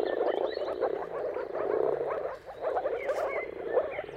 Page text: Jakub Orzecki moor frogs. Dawn’s Chorus: Mating Calls of Marsh Frogs at Sunrise. Depending on the weather at the turn of March and April, you can witness an amazing spectacle of moor frogs